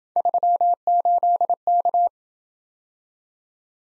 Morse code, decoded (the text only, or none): 38K